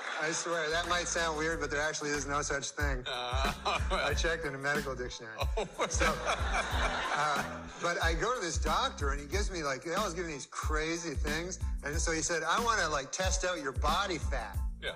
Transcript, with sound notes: I swear -- that might sound weird, but there actually is no such thing. I checked in a medical dictionary. [Laughter.] But I had to go to this doctor, and he gives me like -- he always gives me crazy things. And so he said, "I want to test out your body fat."